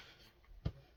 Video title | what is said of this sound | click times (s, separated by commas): FIRST POCKET DUMP OF 2026! | Might not have that super audible click, but it's in there. | 0.4 s, 0.7 s